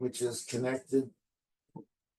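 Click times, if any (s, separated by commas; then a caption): 1.8 s. Someone talks while a small plastic drip-irrigation connector is pushed onto its fitting in drip irrigation tubing. After a pause, a short, quiet snap is heard at 1.8 s, signaling that the connector is seated in place.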